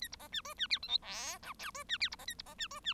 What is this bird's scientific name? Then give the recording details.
Lonchura striata domestica. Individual Bird1